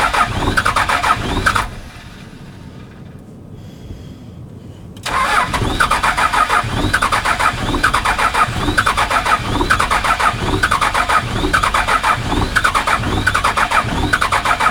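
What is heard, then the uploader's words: A car engine is cranked over and over without catching, a rapid, regular churning chug from the starter. The cranking stops briefly around two seconds, leaving a quiet low hum, then resumes at about five seconds and grinds on steadily to the end, loud. Cold start. Starting the ol 12v (she doesn't start).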